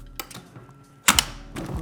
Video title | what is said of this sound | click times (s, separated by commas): Unboxing & Assembling A Bumbleride Era Reversible Stroller - New Collection | And you hear them click, they're engaged. | 1.1 s, 1.2 s